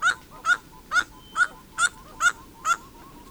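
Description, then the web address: Bird giving a nasal, honking note repeated about every half second, seven times in steady rhythm, with faint softer calls between and a low background hiss. Songs and calls of several bird species in a Costa Rican cloud forest. "Birds of the Costa Rican Cloud Forest"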